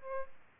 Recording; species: mosquito wingbeat signal from an infrared sensor; Aedes albopictus